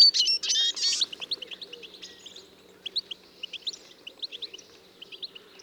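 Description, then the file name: European goldfinch calls: a short burst of buzzy twittering, then a loose series of brief, high, sweet notes. "Carduelis carduelis"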